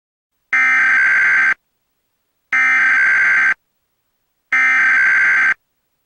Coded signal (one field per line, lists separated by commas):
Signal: Emergency Alert System (SAME) tones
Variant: header bursts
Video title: EAS Mock: Rickrolled (v2)